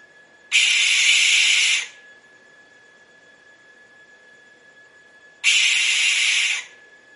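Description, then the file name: Barn owl calling twice, each a harsh hissing screech of over a second, separated by a few seconds of near silence. "canto da coruja de celeiro"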